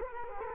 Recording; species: mosquito wingbeat signal from an infrared sensor; Culex quinquefasciatus